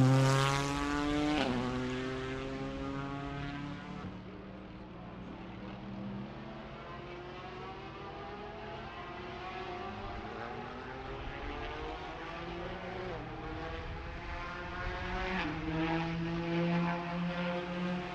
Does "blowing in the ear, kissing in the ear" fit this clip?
no